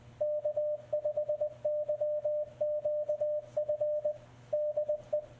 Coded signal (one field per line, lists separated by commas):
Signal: Morse code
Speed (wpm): 20 wpm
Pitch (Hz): 600 Hz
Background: none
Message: K5YQF DE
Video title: Icom 7300 | MRP40 CW Morse Decoder